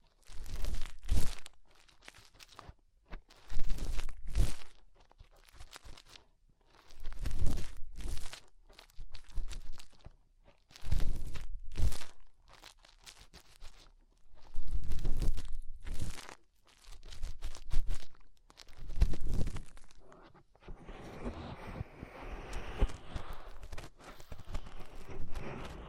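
Fingers rubbing inside an ear make muffled, crunchy scraping sounds that come in bursts of roughly one to two seconds, with short quiet gaps between them. Each burst is heavy and low with a rough crackle. The last few seconds change to a steadier, softer, rustling texture.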